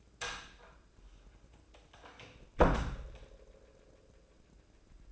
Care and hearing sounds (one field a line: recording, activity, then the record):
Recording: daily activity, microphone in the room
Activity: close door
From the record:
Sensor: 2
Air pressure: 1012.2 hPa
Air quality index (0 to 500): 162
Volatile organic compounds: 2 ppm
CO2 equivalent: 1187 ppm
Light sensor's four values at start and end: 328/817/331/344 and 325/809/328/340